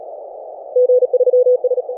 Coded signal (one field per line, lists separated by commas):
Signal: Morse code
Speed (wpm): 38 wpm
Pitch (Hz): 500 Hz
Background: none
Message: G3S